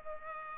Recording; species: mosquito wingbeat signal from an infrared sensor; Culex pipiens